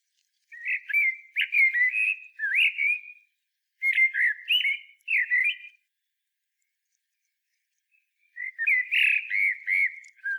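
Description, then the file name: Common blackbird song: rich whistled phrases with looping notes, a pause, then a further warbled phrase. "Turdus merula"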